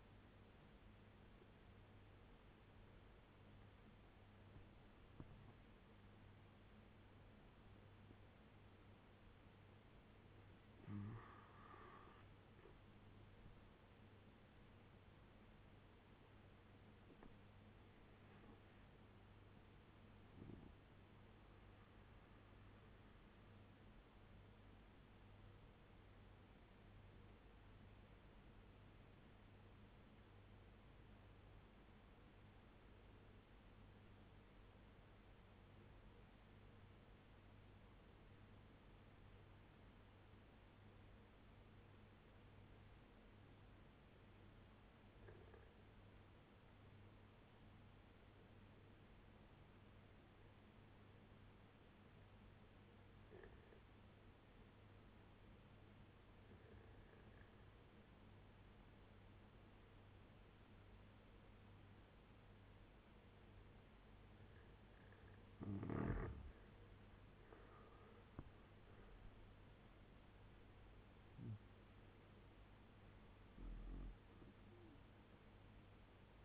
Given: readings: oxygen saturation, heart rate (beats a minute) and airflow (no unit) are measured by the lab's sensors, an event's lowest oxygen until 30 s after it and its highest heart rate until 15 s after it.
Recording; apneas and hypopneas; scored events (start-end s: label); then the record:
breathing in sleep by a voice recorder at the bedside; 1
16.00-76.45 s: new sleep stage, N2 (light sleep)
21.00-64.80 s: obstructive apnea (N2, oxygen 96% highest, then 82% lowest, heart rate 78 at the start, 92 highest)
From the record:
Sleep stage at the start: N1 (lightest sleep); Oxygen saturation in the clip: 83 to 96%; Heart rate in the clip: 69 to 92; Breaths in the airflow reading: 6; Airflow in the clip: -12.0 to 12.0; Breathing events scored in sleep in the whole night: 201 in 6.5 hours asleep